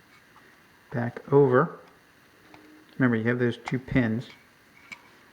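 Someone talks while handling a plastic magazine floor plate, sliding it back over the two retaining pins on a pistol magazine body, with only a faint tick near 2.5 s between the speech. The clip ends before the floor plate pops on, so nothing has seated yet.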